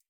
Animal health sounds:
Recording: hydrophone in a shrimp aquaculture tank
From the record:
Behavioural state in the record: feeding

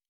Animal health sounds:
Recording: hydrophone in a shrimp aquaculture tank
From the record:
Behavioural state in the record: normal

